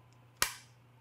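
A mobile phone mount is pushed into the center column of a Peak Design Travel Tripod and snaps in with one sharp, bright click at 0.4 s that fades over about a quarter second. A faint tick comes just before at 0.1 s, over a steady low hum. The mount is secure.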